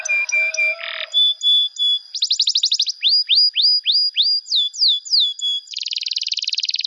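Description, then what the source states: Canary song in varied phrases: chipped notes, a rapid high trill, a series of down-slurred whistles repeated several times, then a dense buzzy trill. Canary song used as a lure for trapping birds.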